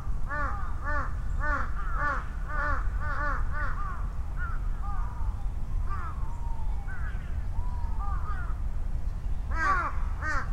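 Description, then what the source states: Crows cawing in a rapid series of repeated arched caws, then scattered softer calls and a final loud burst, over steady low traffic rumble. Crows calling and responding to each other, Sunday at noon, Ichimiyake, Yasu City, Shiga Prefecture, Japan; vehicle rumble; Sony PCM-M10, omnidirectional mics on bicycle handlebar bag.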